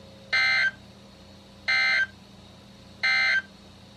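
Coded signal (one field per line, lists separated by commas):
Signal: Emergency Alert System (SAME) tones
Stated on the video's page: Real EAS alerts for severe thunderstorm warnings from NOAA Weather Radio station KHB36, one issued with emergency management as the source.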